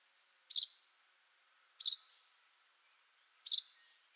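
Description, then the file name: Common chaffinch giving sharp, high, clipped call notes, three in four seconds, each spaced about one and a half seconds apart with a short falling tail. "Fringilla coelebs"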